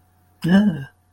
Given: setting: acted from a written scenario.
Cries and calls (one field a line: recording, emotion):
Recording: vocal sound without words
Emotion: fear